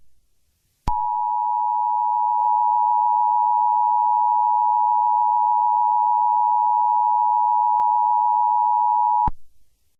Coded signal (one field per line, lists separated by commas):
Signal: Emergency Alert System (SAME) tones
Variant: 853 and 960 Hz attention tone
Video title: EAS Comedy: Barney the Perverted Dinosaur